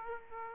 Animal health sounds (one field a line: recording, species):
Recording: mosquito wingbeat signal from an infrared sensor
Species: Aedes aegypti